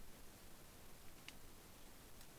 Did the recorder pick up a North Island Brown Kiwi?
no